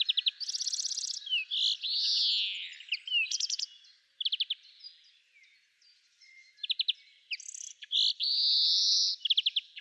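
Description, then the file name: European greenfinch song mixing fast twittering trills with long, drawn-out buzzy wheezes, the phrases running almost continuously apart from a quieter lull midway. "Chloris chloris"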